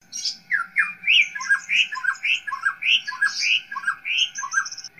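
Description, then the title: White-rumped shama singing a quick string of whistled notes, mixed with high squeaky chips. "murai batu"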